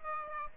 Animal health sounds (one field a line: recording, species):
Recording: mosquito wingbeat signal from an infrared sensor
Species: Aedes aegypti